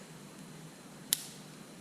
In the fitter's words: and it locks in place.